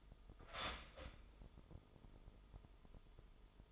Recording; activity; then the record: daily activity, microphone in the room; start toaster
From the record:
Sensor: 5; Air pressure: 988.7 hPa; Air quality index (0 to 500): 233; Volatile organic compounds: 182 ppm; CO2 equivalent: 4152 ppm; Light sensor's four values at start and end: 40/124/48/51 and 40/124/48/51